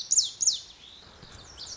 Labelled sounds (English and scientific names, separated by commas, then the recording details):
Lazuli Bunting (Passerina amoena)
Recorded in Sonoma County, California